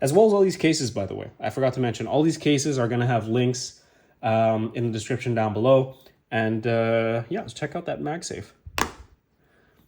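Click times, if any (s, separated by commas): 8.8 s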